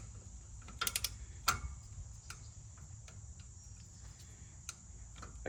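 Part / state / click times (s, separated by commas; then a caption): torque wrench on rear brake fastener of a pickup truck / not seated / none. A torque wrench set to a low value is pulled repeatedly on a rear brake fastener of a Ford F350 pickup truck, making scattered metallic ticks and ratchet-like clicks, with a sharp tick at about 0.9 s. The wrench never clicks at its setting because the number is too low, so the fastener has not reached torque and nothing has clicked.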